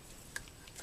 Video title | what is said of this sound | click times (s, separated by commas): WWRp F***ed Up Jungle Battle 2 Pack Part 3: Angry Jungler Dropcloth | pops right back out too it's like a Gio backpack it's awesome | 0.4 s